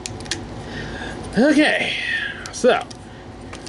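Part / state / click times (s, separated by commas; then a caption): plastic transforming figure part into its locked position on the figure body / seated / 3.5 s. A plastic part of a transforming robot figure is pushed into its locked position on the figure's body during transformation. Someone talks briefly, then a short click at 3.5 seconds marks the part locking into place.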